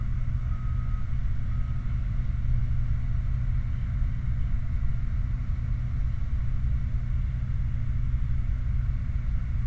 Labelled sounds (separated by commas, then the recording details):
truck, machinery, flare stack
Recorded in the Prudhoe Bay oil fields, Alaska, on 29 July 2019 at 09:23
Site 29